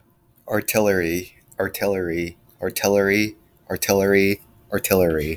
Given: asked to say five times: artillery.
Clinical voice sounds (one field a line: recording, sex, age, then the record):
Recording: repeated word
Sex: male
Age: 20 to 29 years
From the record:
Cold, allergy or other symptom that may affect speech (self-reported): no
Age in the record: 21 years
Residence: Rhode Island, United States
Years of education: 15